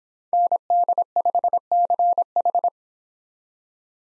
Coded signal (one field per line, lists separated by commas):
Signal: Morse code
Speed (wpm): 28 wpm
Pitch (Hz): 700 Hz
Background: none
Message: ND5CH